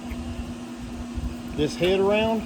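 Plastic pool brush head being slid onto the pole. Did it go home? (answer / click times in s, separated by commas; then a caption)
no / none. A plastic pool brush head is slid around on the end of the pole while its two plastic spring clips are held down, over a steady low hum. Someone talks near the end. The clip has not popped into place yet, and nothing has clicked.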